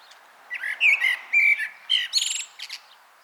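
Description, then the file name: Common blackbird song: a short phrase of fluted warbling notes ending in a squeaky high twitter. "Turdus merula"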